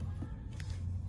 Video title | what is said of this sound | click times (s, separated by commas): How to install clear corner lenses on a Porsche 911 992 | and then it kind of clicks right in. See? | 0.6 s